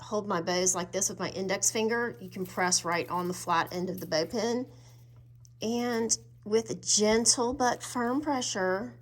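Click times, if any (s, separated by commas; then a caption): none. A bow pin on an Evergleam bow-tip aluminum Christmas tree is held with the index finger on its flat end and pressed with gentle but firm pressure toward the tip end of an aluminum branch rod while someone talks. A brief faint sound occurs during a pause at about 5.5 s, but nothing has seated or clicked yet when the clip ends.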